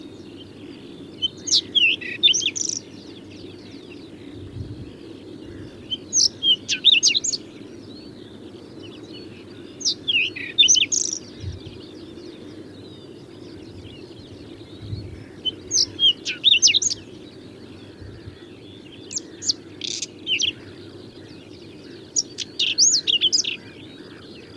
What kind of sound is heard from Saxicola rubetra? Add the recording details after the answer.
song. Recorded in the wild. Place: Schwerin, Lewitz, Mecklenburg-Vorpommern, DE. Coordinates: 53.636, 11.401. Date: 1984-04-30 06:42. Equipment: Nagra III BH, Sennheiser MD 21, parabola. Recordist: Schubert, Michael. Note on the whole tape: Gesang Braunkehlchen